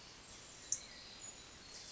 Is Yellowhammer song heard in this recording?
no